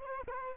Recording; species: mosquito wingbeat signal from an infrared sensor; Culex quinquefasciatus